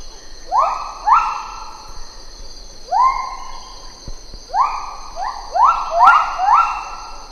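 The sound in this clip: Lar gibbon calls: loud whooping notes that sweep up then hold level, given in quick overlapping bursts, with a steady high hiss of insects behind.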